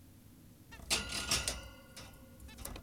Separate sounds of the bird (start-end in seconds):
0.72-0.78, 2.49-2.55